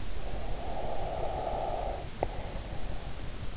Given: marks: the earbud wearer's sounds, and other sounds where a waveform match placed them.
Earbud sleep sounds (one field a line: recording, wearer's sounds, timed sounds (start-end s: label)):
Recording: sounds in sleep by an in-ear microphone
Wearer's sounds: breath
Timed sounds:
0.05-3.08 s: breath